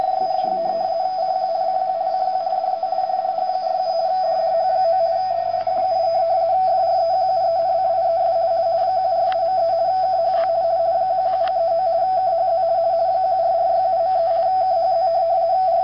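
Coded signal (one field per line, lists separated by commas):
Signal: RTTY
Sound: continuous warbling tone flipping rapidly between two close pitches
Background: radio static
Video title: RTTY reception on 148 kHz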